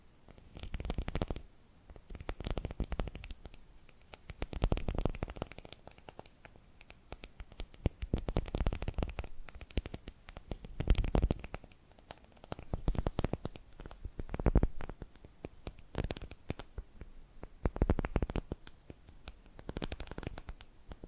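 Tapping and scratching sounds come in uneven bursts, each lasting a second or two, separated by brief quieter gaps. The scratching is dry and papery, mixed with quick clicks and taps, and a few sharper knocks stand out near 11, 14.5 and 18 seconds.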